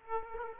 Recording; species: mosquito wingbeat signal from an infrared sensor; Aedes aegypti